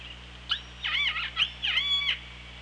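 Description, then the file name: Orca calls, a few harmonic, wavering cries in quick succession over steady hydrophone hiss and low electrical hum. OrcaLab hydrophone, 24 August 2017, 15:43:25. "Orca Lab UTLN JASON 20170824 154325"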